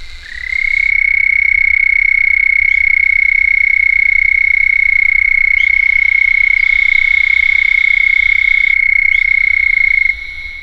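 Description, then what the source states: Houston toad trill, a single sustained high-pitched musical trill held steady for about nine and a half seconds, starting softly then level, over a faint low hum. Solo call of a single toad.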